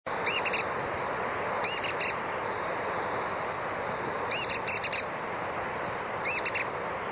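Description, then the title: Cliff Flycatcher calls: four bursts of sharp, high, quick double and triple notes, spaced irregularly a couple of seconds apart, over a soft steady background hiss. Subspecies sclateri. "LuckyPassaro Completos2Sama. Cliff Flycatcher (Hirundinea ferruginea sclateri)"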